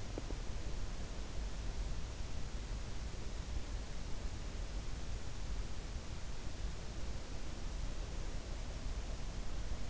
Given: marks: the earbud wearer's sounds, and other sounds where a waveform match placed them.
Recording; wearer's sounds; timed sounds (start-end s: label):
sounds in sleep by an in-ear microphone; teeth grinding
0.00-0.62 s: teeth grinding